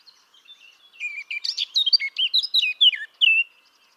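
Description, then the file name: Eurasian blackcap singing a hurried, varied warble that starts softly and builds into louder scratchy and fluty notes, ending on a clear note. "Sylvia atricapilla"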